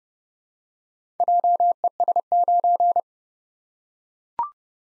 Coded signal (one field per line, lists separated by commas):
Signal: Morse code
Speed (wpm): 30 wpm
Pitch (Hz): 700 Hz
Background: none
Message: JES9